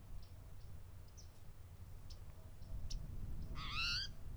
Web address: lbrc spto dobbs